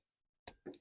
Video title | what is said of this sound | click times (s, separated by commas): How To Replace Brake Light Bulbs - Nissan Quest (Andy’s Garage: Episode - 506) | there you go until it clicks in place now that that's done | 0.5 s